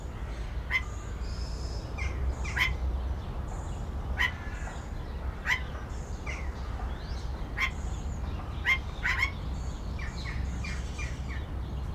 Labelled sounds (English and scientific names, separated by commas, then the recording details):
Golden Myna (Mino anais) call
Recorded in captivity
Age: adult
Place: Zoo Berlin, Berlin, DE
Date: 1993-03-20 10:47
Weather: 5-8 ° C, böiger Wind
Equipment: Marantz CP 430, Sennheiser ME 80, Kopie Uher Variocord 263
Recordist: Tembrock, Günter